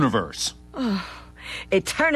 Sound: sigh